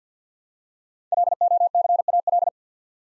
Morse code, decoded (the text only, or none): LOCAL